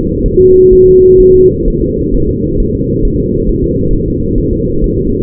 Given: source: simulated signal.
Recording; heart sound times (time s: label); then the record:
fetal heart sounds
0.26 s: S1
0.41 s: S2
0.73 s: S1
0.88 s: S2
1.20 s: S1
1.35 s: S2
1.68 s: S1
1.82 s: S2
2.14 s: S1
2.29 s: S2
2.60 s: S1
2.75 s: S2
3.05 s: S1
3.20 s: S2
3.49 s: S1
3.64 s: S2
3.94 s: S1
4.08 s: S2
4.38 s: S1
4.53 s: S2
4.84 s: S1
4.98 s: S2
From the record:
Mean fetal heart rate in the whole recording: 130 bpm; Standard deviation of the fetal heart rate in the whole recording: 4 bpm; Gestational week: 38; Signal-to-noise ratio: -15.3 dB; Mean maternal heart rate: 72 bpm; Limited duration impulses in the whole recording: present